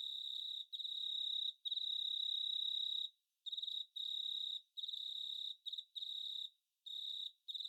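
Cricket chirping in a high, steady trill, broken into bursts of varying length with short silent gaps between them.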